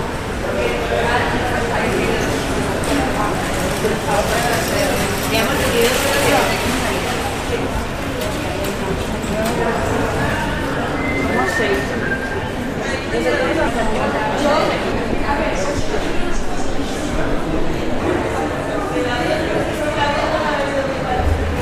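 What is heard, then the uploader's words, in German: Sounds from an airport check-in hall: a steady, dense murmur of many overlapping voices fills the whole stretch. Footsteps and small clicks and knocks surface here and there, and the overall level stays even throughout without any single standout event. Entspannende Geräusche aus der Flughafen-Abfertigungshalle.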